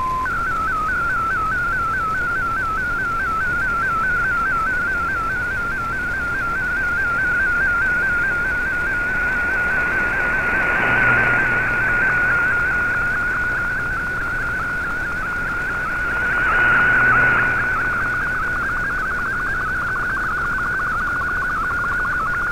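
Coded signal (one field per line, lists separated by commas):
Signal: SSTV (slow-scan television)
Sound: steady mid-pitched tone with rapid regular ticks dipping lower, steady throughout, over hiss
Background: radio static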